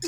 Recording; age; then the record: pig call; weaner (32 to 43 days)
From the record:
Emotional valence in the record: negative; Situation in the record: novel object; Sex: female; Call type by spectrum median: low-frequency call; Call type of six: high-frequency stable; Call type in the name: high-frequency stable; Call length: 0.08 s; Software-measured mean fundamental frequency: 378 Hz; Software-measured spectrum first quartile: 356 Hz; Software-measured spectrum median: 2022 Hz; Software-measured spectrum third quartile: 5894 Hz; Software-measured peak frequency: 344 Hz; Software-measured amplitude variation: 84 dB a second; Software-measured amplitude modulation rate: 6.0 a second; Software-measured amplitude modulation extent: 13.9 dB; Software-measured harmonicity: 7.7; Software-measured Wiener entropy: -3.55